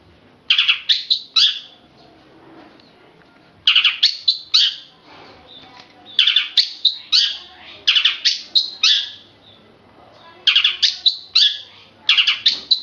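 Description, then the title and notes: Oriental magpie-robin delivering short clustered phrases of three or four loud, rich whistled notes, separated by short pauses. Chirping. "Kicau Kacer. manukmanukan"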